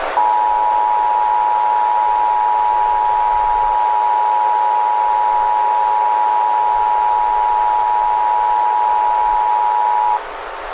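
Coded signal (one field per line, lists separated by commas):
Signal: Emergency Alert System (SAME) tones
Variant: 853 and 960 Hz attention tone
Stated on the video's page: Fictional EAS scenario in analog-horror style; the tones used are described as valid EAS tones.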